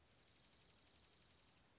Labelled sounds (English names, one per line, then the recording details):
Dark-eyed Junco
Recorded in Sonoma County, California